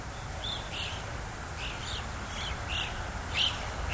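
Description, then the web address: European starlings calling in quick succession, short squeaky chirps and slurred notes about twice a second over a constant low rumble. Starlings roosting by a roadside at Fort Kent. "BBC America. fort kent roadside actuality with starlings roosting"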